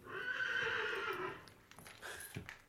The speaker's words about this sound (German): Drüben in der Reihe hat das dritte Pferd gewiehert.